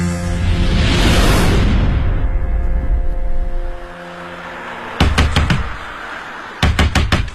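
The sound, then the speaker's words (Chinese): A low rumbling whoosh fades, then two bursts of heavy pounding on a door by someone demanding it be opened, each a quick cluster of about four loud, hard knocks, with a short pause between. “开门！不要以为不接电话我就找不到你啊！快开门！我知道你在里边，别装了你！”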